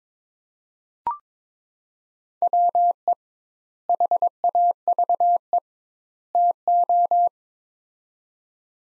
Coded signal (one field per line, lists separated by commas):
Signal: Morse code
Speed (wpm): 21 wpm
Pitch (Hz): 700 Hz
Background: none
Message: WE HAVE TO